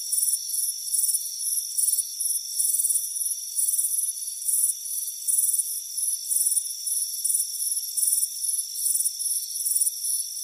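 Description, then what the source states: Crickets chirp in fast, bright pulse groups over a continuous high insect hum. Soothing cricket chirping on a warm afternoon on a front porch.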